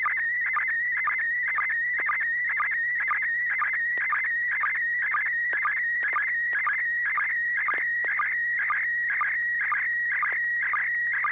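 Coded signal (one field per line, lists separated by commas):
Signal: SSTV (slow-scan television)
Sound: steady warbling high tone with quick low chirps about twice a second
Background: low steady hum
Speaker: This net serves for training and practice in image transmission modes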